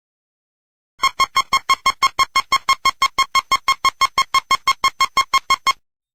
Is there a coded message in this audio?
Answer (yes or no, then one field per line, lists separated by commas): no